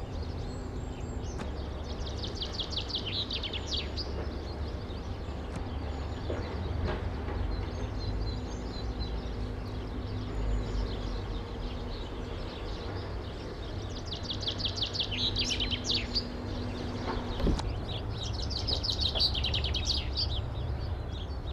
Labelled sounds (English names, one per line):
Common Chaffinch song